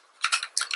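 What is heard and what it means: The plastic outer shell of an Xbox game controller is pried apart from the corner with a metal tool and pushed open, so its internal plastic retaining clips let go. Sharp plastic clicks are heard at about 0.3 s and 0.6 s, with smaller ticks in between. The clips release and the shell comes apart; it sounds like breaking, but nothing is broken and this is normal.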